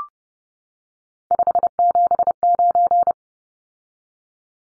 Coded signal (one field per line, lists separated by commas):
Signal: Morse code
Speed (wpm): 30 wpm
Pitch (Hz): 700 Hz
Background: none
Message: 579